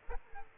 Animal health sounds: mosquito wingbeat signal from an infrared sensor; Aedes aegypti

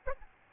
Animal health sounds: mosquito wingbeat signal from an infrared sensor; Aedes albopictus

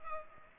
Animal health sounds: mosquito wingbeat signal from an infrared sensor; Culex pipiens

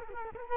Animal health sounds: mosquito wingbeat signal from an infrared sensor; Culex quinquefasciatus

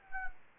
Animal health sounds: mosquito wingbeat signal from an infrared sensor; Anopheles gambiae

